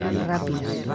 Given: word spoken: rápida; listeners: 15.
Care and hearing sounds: one Spanish word in noise, from a listening test; eight-talker babble; -0.9 dB; 0 of 15; 7 of 15; 0.55 s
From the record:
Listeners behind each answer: 7, 5, 1, 1, 1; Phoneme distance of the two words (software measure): 10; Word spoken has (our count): 3 syllables, 6 phonemes, stress on syllable 1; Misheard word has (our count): 3 syllables, 6 phonemes, stress on syllable 1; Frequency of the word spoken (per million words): 36.01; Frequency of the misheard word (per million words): 53.16

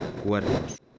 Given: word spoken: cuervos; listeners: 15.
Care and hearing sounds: one Spanish word in noise, from a listening test; noise modulated by one talker; 0.4 dB; 4 of 15; 10 of 15; 0.58 s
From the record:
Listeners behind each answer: 10, 4, 1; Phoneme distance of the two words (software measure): 10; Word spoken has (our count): 2 syllables, 7 phonemes, stress on syllable 1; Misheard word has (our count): 2 syllables, 7 phonemes, stress on syllable 1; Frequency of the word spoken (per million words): 2.88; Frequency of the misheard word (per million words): 54.51

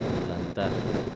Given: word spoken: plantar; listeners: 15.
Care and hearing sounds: one Spanish word in noise, from a listening test; noise modulated by three-talker babble; -3.3 dB; 6 of 15; 8 of 15; 0.75 s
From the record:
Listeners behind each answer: 8, 6, 1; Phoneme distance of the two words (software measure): 17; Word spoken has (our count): 2 syllables, 7 phonemes, stress on syllable 2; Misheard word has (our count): 2 syllables, 6 phonemes, stress on syllable 2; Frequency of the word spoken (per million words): 3.67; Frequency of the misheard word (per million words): 24.15

